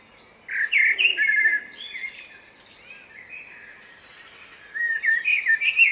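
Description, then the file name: Common blackbird song: two phrases about four seconds apart with high, scratchy twittering, the second cut off at the end; a soft hiss persists between them. "Turdus merula"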